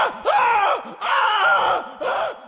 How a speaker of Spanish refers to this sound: Y esa noche me desperté gritando.